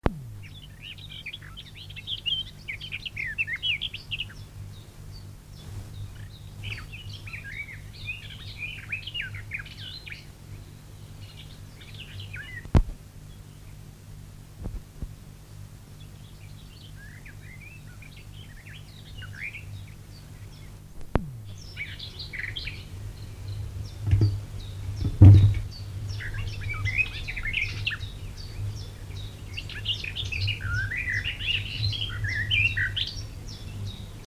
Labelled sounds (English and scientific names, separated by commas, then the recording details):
Garden Warbler (Sylvia borin) song, Common Chiffchaff (Phylloscopus collybita)
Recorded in the wild
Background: Phylloscopus collybita
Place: Feldberg - Koldenhof, Mecklenburgische Seenplatte, Mecklenburg, DE
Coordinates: 53.3294, 13.3136
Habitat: mixed forest
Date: 1976-06-29 19:00
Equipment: Uher CR 210, Sennheiser MD 421 HL, Verstärker, Reflektor, Kopie Uher 4200
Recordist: Tembrock, Günter
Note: Wald bei Koldenhof (am Warsberg). Gesang